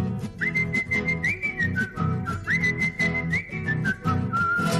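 whistled melody

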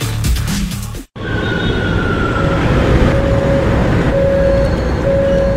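subway train

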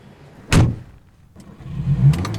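car engine starting

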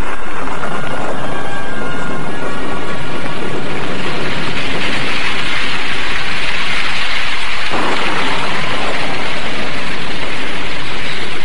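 heavy rain falling

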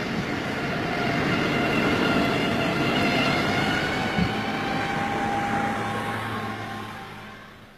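city street traffic

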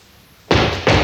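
pounding on a door

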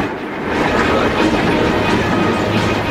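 train passing on rails

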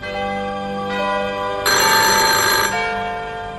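telephone ringing

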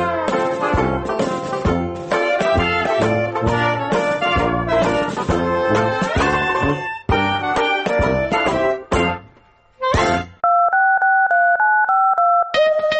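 telephone number being dialed

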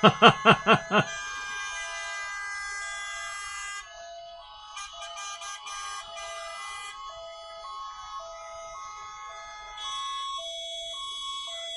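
police car siren wailing

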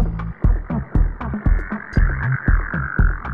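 frogs croaking

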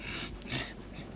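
dog panting

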